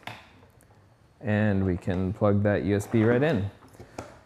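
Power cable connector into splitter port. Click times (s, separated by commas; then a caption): 0.1 s. A keyed round power cable connector is pushed onto a splitter port with its red alignment dots lined up, and it seats with a sharp click at 0.1 s. Someone talks from about 1.2 to 3.5 s, and another short sharp tap sounds at 4.0 s.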